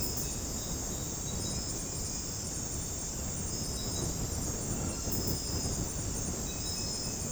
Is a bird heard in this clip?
no